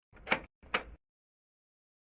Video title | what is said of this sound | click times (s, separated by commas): Fixing a Paper Jam HP Officejet 6700 Premium e All in One Printer H711n HP | push the duplexer into the back of the printer until it snaps into place | 0.3 s, 0.8 s